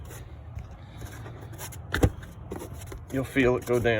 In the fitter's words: and this snaps right back on